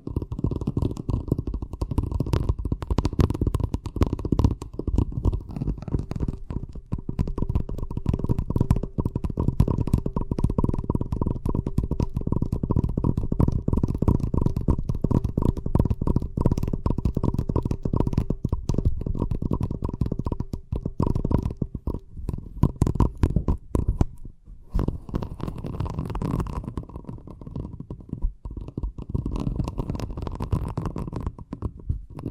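Fast tapping runs throughout, a dense, rapid stream of dull, low-pitched hits with a faint steady tone around them. Around 21 to 25 seconds the taps thin into sparser, sharper clicks with brief gaps, then the quick, thick tapping returns.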